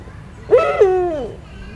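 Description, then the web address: Eurasian eagle-owl producing a lone tonal call with a wavering start and a long downward slide, lasting under a second, against low background hum. Captive bird at a zoo in Szeged, recorded in 2011. "szegedizoo 2011 standardt uhu"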